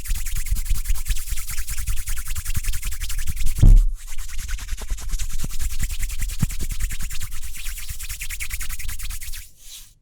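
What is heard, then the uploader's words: Hands rub and scratch together at a fast, steady pace, making a dense run of quick hissing strokes with a soft low rumble underneath. A single heavy thump lands just before the four-second mark. The rubbing then continues until it drops away near the end. ASMR Speedy Hand Sounds (No Talking).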